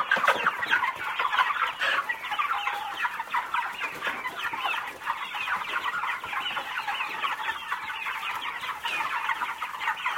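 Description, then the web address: Birds in a dense flock clucking continuously, many overlapping busy notes forming a steady chattering din throughout. "audio animali uccelli uccelli birds"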